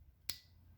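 With the key turned, the cam of a Lamonster helmet lock on an F3, F3T or RT motorcycle is released and pops out of the lock body. A single sharp, bright click at 0.3 s rises over a low background hum and fades quickly. The cam clicks open and is released.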